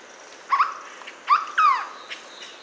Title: LuckyPassaro Completos2Sama. Hooded Berryeater (Carpornis cucullata)